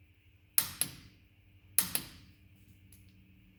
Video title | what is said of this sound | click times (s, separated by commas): Jeep JL Unit Bearing DIY replacement | And just go till it clicks. | 0.6 s, 1.8 s